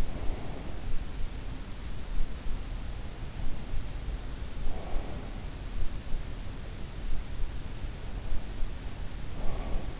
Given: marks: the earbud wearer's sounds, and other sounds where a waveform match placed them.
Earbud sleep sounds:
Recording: sounds in sleep by an in-ear microphone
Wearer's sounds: breath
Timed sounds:
0.00-0.83 s: breath
9.30-9.99 s: breath

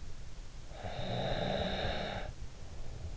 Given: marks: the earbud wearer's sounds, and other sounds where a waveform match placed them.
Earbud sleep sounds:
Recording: sounds in sleep by an in-ear microphone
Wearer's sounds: snoring breath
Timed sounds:
0.44-3.07 s: snoring breath

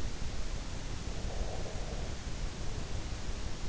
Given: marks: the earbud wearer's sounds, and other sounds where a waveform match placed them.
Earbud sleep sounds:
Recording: sounds in sleep by an in-ear microphone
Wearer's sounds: breath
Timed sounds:
1.16-3.45 s: breath

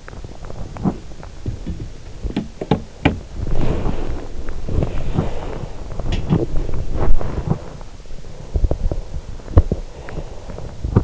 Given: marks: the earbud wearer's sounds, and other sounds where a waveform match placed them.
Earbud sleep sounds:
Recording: sounds in sleep by an in-ear microphone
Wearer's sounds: teeth grinding, body movement, breath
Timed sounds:
0.00-3.36 s: teeth grinding
3.22-11.04 s: body movement
8.19-9.43 s: breath
9.43-9.92 s: teeth grinding
9.66-10.79 s: breath

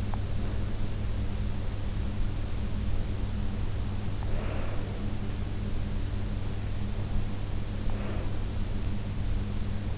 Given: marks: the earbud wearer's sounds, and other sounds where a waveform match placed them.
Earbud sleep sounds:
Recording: sounds in sleep by an in-ear microphone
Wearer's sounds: teeth grinding, breath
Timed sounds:
0.00-0.35 s: teeth grinding
3.94-5.40 s: breath
7.33-9.02 s: breath

